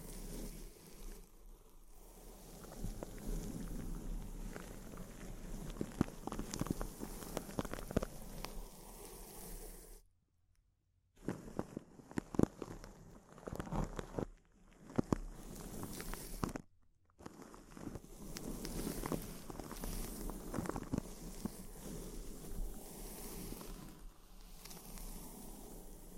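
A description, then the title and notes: Intense close-up crinkling, a dense run of sharp crackles and pops that rarely lets up, with a low hum beneath. It drops to near silence around ten seconds and again briefly near seventeen, then resumes at full density to the end. ASMR Intense Close-Up Crinkles (No Talking).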